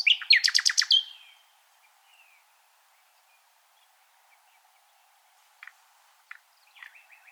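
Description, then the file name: Common nightingale song opening with a fast series of loud repeated notes, followed by quiet soft notes and a few scattered chirps. "Luscinia megarhynchos"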